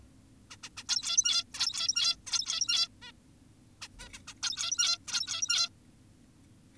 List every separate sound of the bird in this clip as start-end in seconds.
0.51-0.57, 0.63-0.69, 0.77-0.84, 0.89-1.44, 1.54-2.16, 2.27-2.88, 3.02-3.12, 3.82-3.88, 4.00-4.09, 4.14-4.19, 4.28-4.34, 4.43-4.98, 5.08-5.69